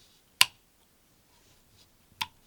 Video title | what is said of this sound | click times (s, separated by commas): Vape Forward Vaporflask Stout Review | sliding battery and just listen to it it clicks into place very very nice | 0.4 s, 2.2 s